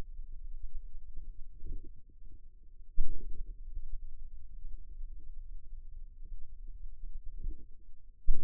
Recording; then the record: forearm muscle sounds (acoustic myography)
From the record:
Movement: finger pinch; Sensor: system 2, bracelet of six BSWA MPA416 microphones around the upper forearm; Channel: 1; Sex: female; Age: 23 years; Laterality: right